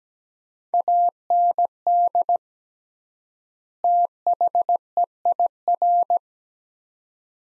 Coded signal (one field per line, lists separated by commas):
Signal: Morse code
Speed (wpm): 17 wpm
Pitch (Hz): 700 Hz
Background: none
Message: AND THEIR